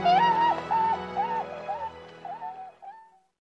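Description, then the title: Tundra swan calls, a few drawn-out wavering honks that fade toward the end, over a low hum that stops about halfway through. Bewick's swans recorded at Sugao marsh, Ibaraki Prefecture, Japan. "菅生沼（茨城県）のコハクチョウ"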